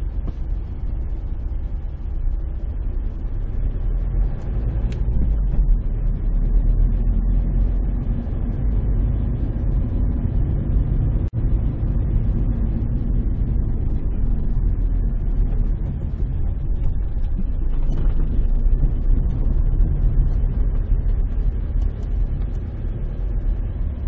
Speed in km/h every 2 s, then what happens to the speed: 8, 8, 17, 21, 25, 26, 22, 15, 7, 9, 9, 9.
2-9 speeds up to 26. 11-16 brakes to 7. 16-24 steady at about 9.